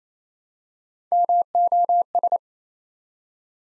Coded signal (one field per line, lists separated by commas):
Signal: Morse code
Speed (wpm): 28 wpm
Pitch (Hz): 700 Hz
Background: none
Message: MOS